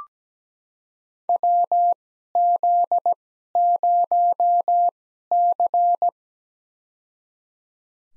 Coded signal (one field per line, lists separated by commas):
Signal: Morse code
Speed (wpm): 17 wpm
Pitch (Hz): 700 Hz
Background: none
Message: WZ0C